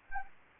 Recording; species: mosquito wingbeat signal from an infrared sensor; Anopheles arabiensis